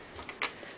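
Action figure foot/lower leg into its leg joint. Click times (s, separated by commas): 0.3 s, 0.4 s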